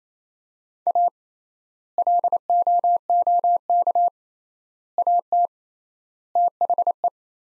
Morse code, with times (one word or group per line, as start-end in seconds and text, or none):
0.9-1.1 A
2.0-4.1 LOOK
5.0-5.5 AT
6.4-7.1 THE